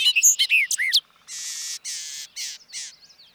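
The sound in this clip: Bobolink song: a quick run of bright, tinkling, sliding notes, followed by several harsh buzzy bursts.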